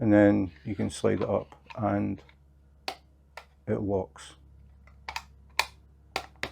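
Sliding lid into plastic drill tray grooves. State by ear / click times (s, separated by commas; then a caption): seated / 6.2 s, 6.4 s. The sliding plastic lid of a diamond painting drill tray is pushed up along its two grooves while someone talks, with a series of sharp ticks as it slides. It clicks shut and is seated, with clicks at 6.2 s and 6.4 s.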